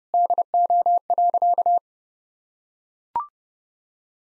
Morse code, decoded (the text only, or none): DO.